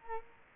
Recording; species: mosquito wingbeat signal from an infrared sensor; Culex quinquefasciatus